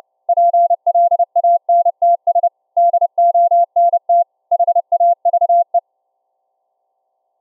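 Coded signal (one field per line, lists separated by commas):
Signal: Morse code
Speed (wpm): 29 wpm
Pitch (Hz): 690 Hz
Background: none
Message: PLANTS DONT HAVE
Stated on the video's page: 2.6kHz CW from a Raspberry Pi headphone jack into a ferrite rod loop, received by laptop SDR on another loop and converted to 690Hz audio; through-the-earth test.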